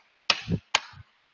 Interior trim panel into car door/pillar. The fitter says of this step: then this kind of goes up in there just at the right angle and snaps into place and that's that's done